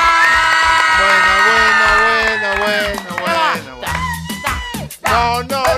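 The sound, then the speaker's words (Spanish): A loud, sustained burst of high-pitched screaming and cheering from a crowd of girls in a jingle on Radio Nacional, wavering shrieks that rise and fall and break into shorter yells toward the end, over a thumping low beat. “¡Grito de la piba!”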